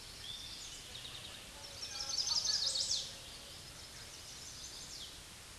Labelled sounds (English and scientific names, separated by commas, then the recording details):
Chestnut-sided Warbler (Setophaga pensylvanica) song
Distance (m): 20 m
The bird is about level with the microphone
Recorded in a Pennsylvania forest on 16 May 2024 at 09:54
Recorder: AudioMoth, point MSD-2429
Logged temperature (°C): 16.7 °C
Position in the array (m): 91 m, 62 m